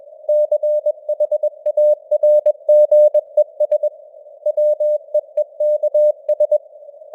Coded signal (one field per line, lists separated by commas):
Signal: Morse code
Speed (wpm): 21 wpm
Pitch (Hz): 600 Hz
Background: none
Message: CHARGES WEEKS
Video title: Morse Code News | 2025-10-06 | 21wpm